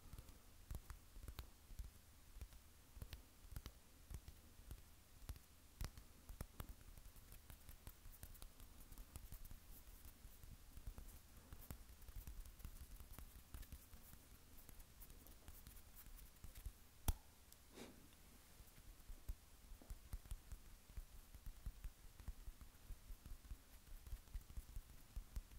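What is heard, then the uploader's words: Hand sounds: a busy, irregular run of small taps, pats and clicks continues through the whole clip, some sharper than others. A low, steady rumble sits underneath, and one louder snap stands out around seventeen seconds. Hand Sounds That Will Roll To The Back Of Your Head.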